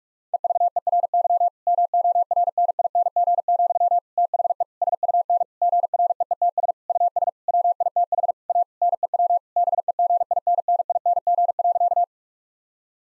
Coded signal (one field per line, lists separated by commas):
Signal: Morse code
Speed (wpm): 46 wpm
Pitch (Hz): 700 Hz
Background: none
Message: EVERY MORNING, THE SUN GREETS US WITH A NEW BEGINNING.